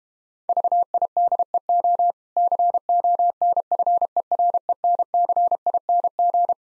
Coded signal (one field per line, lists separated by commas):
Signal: Morse code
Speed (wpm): 32 wpm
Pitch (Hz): 700 Hz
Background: none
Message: VIDEO CONFERENCING